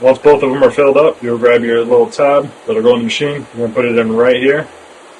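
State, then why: Not seated. Someone talks while handling a small blood test tab after both blood tubes are filled, getting it ready to go into its slot on the analyzer. Nothing has seated or clicked yet, and the clip ends just before the tab goes into place.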